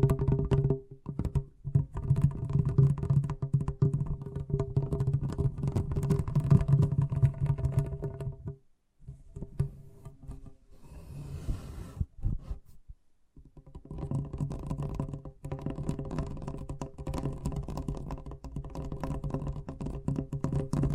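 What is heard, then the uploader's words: Fast tapping runs as a dense, rapid patter of sharp clicks over a steady low hum. Around nine seconds it thins and nearly stops, returns briefly as softer scattered taps near eleven to thirteen seconds, then resumes at full pace from about fourteen seconds. ASMR Braingasm Inducing Fast Tapping (No Talking).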